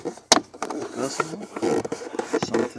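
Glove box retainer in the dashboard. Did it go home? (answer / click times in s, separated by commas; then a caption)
released / 0.3 s. After the glove box of a 2006 Chevrolet HHR is lowered for a cabin air filter change, the next of three plastic glove box retainers is pressed out of the dashboard. It clicks free with a sharp snap at 0.3 s, while someone talks throughout.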